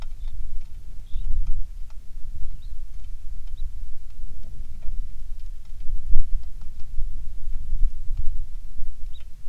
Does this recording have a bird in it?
yes